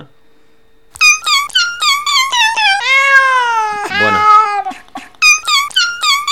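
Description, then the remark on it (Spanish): A female cat in heat yowls in loud, harmonic bursts: quick repeated cries, then a long drawn-out wail sliding into a rough, lower moan before the short calls return. The sound is noticeably processed. “Yo me he fijado que algunas gatas cuando están en época de apareamiento, pues eso, parece de repente te rayas y dices, esto es una persona, un gato”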